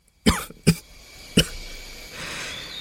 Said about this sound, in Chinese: 当下，唐范咳嗽了好几声，也没空跟他辩驳， 嘶哑着声音问。